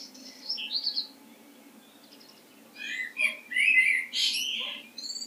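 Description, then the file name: Common blackbird with a few thin high whistles, a quiet gap, then a loud tumbling burst of squeaky, chattering notes ending in high thin tones. "Turdus merula"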